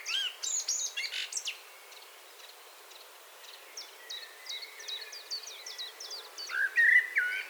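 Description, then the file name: Common blackbird giving quick, high clipped ticks in an uneven series, with louder chattering notes at the start and a brief whistled phrase near the end. "Turdus merula"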